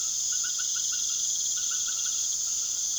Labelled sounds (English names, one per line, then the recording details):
none
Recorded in secondary vegetation near Puerto Asís, Putumayo, Colombia, on 19 June 2025 at 19:00
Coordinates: 0.489, -76.322
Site G021